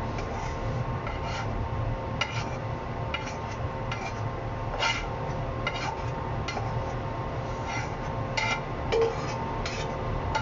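Chicken breast and vegetables being stir-fried, with a steady, dense hiss and low rumble running throughout. Short scraping and clinking sounds of utensils against the pan break in every second or so, with slightly louder knocks near five and nine seconds.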